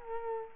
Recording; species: mosquito wingbeat signal from an infrared sensor; Culex quinquefasciatus